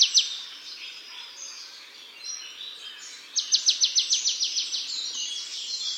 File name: Poecile palustris